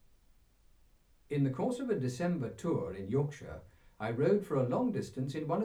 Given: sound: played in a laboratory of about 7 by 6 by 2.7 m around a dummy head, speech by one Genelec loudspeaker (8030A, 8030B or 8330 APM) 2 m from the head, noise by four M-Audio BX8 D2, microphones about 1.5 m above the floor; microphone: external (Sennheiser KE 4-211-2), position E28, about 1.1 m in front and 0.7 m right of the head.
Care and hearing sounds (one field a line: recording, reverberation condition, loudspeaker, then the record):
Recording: male speech in English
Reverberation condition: low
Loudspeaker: 120 degrees to the right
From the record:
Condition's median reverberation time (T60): about 310 ms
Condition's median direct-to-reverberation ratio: about 3.5 dB